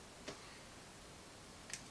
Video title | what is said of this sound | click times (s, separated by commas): This Little Mic Totally Upgraded My Audio! | and then it clicks in. | 1.7 s